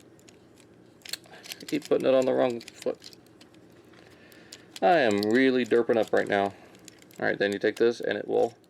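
A plastic upgrade-kit piece is being handled and positioned onto the leg of a transforming Optimus Prime action figure, with a Maketoys Battle Tanker add-on. Someone talks while small plastic ticks and light handling sounds are heard around 0.2–1.5 s and 3.3–4.5 s. Nothing has seated or clicked into place yet.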